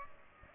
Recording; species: mosquito wingbeat signal from an infrared sensor; Culex pipiens